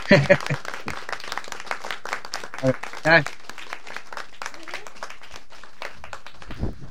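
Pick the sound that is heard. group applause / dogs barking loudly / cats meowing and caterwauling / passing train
group applause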